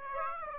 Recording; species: mosquito wingbeat signal from an infrared sensor; Aedes aegypti